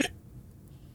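One brief, sharp hiccup at the start over quiet background hiss, from a young child with hiccups.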